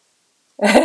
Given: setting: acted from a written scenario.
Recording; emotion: vocal sound without words; elation